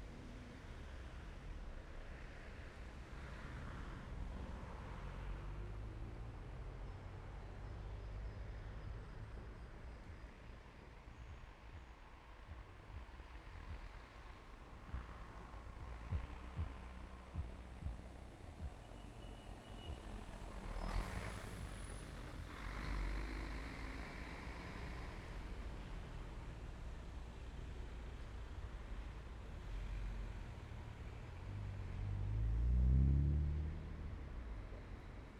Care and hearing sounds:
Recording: everyday scene through a hearing-aid microphone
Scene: in traffic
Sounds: traffic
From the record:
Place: main road on the outskirts, rush hour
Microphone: behind the ear, left, rear

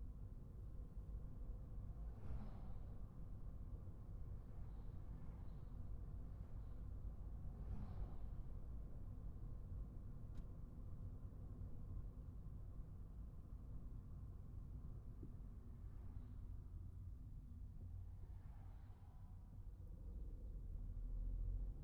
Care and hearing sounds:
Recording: everyday scene through a hearing-aid microphone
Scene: in a vehicle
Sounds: engine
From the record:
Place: Skoda Fabia, gasoline engine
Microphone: behind the ear, right, rear

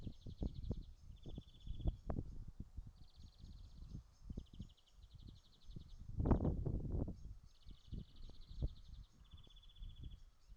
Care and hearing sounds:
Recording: everyday scene through a hearing-aid microphone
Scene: wind on the microphone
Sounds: wind, traffic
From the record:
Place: in front of a rural house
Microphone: in the ear canal, right

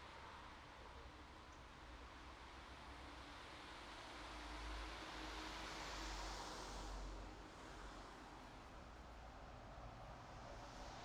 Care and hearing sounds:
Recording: everyday scene through a hearing-aid microphone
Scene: in traffic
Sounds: traffic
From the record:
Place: bus stop on a city main road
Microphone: in the ear canal, right

